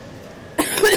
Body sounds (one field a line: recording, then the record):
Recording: coughing mixed with background sound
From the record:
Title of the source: 30 Chesty and wet cough